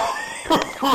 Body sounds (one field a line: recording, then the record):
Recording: coughing mixed with background sound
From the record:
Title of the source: Spring Allergy Coughing